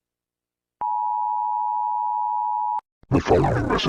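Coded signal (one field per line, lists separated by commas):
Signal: Emergency Alert System (SAME) tones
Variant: 853 and 960 Hz attention tone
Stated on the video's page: Part of a simulated EAS scenario.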